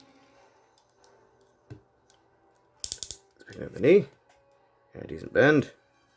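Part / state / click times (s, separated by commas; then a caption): plastic knee ratchet joint in a toy robot's leg / not seated / none. A plastic knee ratchet joint in the leg of a 2007 Transformers movie Voyager Blackout transforming toy robot figure is bent, giving a quick burst of sharp plastic clicks near 3 seconds as it steps through its detents. Someone talks before and after the clicks. The part is only being handled, and nothing has seated or gone home yet.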